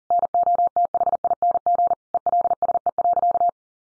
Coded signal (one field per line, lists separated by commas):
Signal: Morse code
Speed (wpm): 40 wpm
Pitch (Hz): 700 Hz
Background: none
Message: NOTHING ELSE.